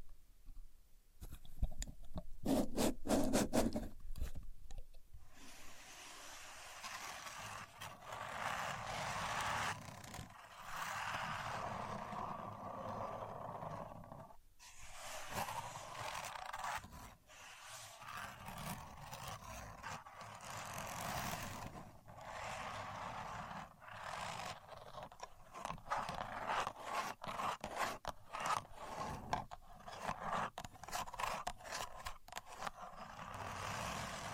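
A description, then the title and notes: A contour gauge is handled and pressed, giving a dense, continuous run of scraping and rubbing with many quick clicking ticks of the sliding pins. The sound rises and falls in bursts, with brief pauses near 10, 15 and 17 seconds. Using A Contour Gauge (No Talking).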